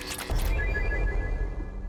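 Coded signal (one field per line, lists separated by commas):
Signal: none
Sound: game's interface beeps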